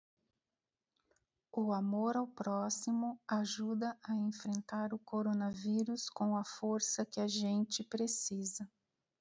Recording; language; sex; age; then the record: spoken sentence; Brazilian Portuguese; female; 40 to 49 years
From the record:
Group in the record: control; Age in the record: 44 years